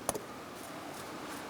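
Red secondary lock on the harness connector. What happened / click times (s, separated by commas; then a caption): The small plastic lock tab snapped into place / 0.1 s. The red plastic secondary lock on the harness connector is pushed in after the plug is seated on a 2007-2015 Mazda CX-9 during an A/C condenser replacement. A single sharp tick sounds at 0.1 s, with a faint second tick just after, then quiet background. The red lock snaps into place.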